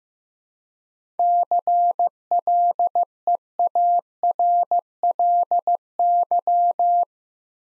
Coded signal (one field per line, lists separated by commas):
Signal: Morse code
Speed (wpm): 15 wpm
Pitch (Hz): 700 Hz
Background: none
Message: CLEARLY